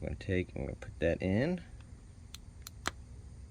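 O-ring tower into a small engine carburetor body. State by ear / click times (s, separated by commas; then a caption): seated / 2.9 s. While reassembling the carburetor of a Murray Black Max E450 push mower that won't start, someone talks and then presses a small rubber O-ring tower into its circular seat on the bottom of the carburetor body. A couple of faint ticks come at about 2.4 and 2.7 seconds, followed by a sharper small click at 2.9 seconds as the O-ring tower seats in place.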